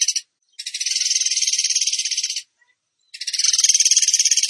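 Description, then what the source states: Bird song of long, dense, buzzy bursts made of fast high pulses, broken by short silent pauses. Training recording (masteran) of a bird singing in the tembakan gacor style.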